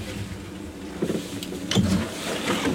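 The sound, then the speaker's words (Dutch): A boat's engine being switched off as the boat moors at a jetty: a low, uneven mechanical rumble with a couple of sharp clunks and a brief whirring rise, no voices. “Dan gaan we het schip uitdoen. Dan gaan wij aan wal. Ja. Motor uit.”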